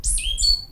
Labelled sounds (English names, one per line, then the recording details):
Stitchbird song
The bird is a male
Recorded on Tiritiri Matangi Island, New Zealand, in 2005
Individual 22, of nest box 31